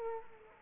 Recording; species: mosquito wingbeat signal from an infrared sensor; Culex quinquefasciatus